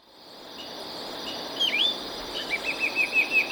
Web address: Natures Songs S America Birds of Ecuador Yellow-cheeked Becard